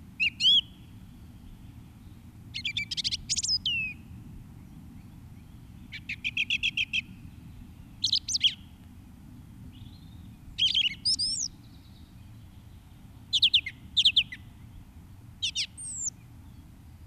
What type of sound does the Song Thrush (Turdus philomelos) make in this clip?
song